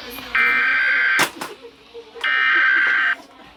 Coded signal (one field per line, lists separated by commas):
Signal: Emergency Alert System (SAME) tones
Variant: header bursts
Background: speech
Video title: eas alarme Afeganistão até Irlanda